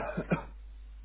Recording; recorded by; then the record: voluntary cough; telephone call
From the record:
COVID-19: negative